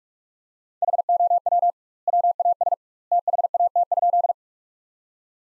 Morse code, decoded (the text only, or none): HOW WAS THAT?